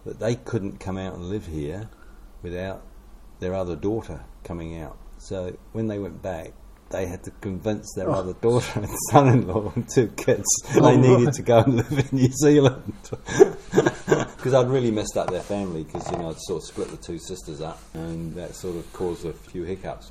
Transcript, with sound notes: But they couldn’t come out and live here without their other daughter coming out, so when they got back they had to convince their other daughter and son-in-law and two kids that they needed to go [chuckle] and live in New Zealand. [Chuckle] ‘Cause I’d really messed up their family, ‘cause you know, I’d sort of split the two sisters up, and that sort of caused a few hiccups.